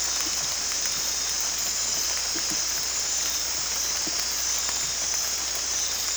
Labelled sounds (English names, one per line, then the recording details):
none
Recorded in dense forest near Puerto Asís, Putumayo, Colombia, on 22 December 2024 at 19:30
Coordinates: 0.485, -76.318
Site GP03